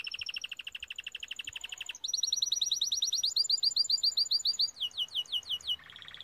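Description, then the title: Canary singing a mostly continuous series of rapid rolling trills, each tour of repeated notes changing pitch and pace, then slower pulsed notes and a final buzzy roll. Timbrado canary singing, used to teach song. "Canary Bird Singing - Timbrado training"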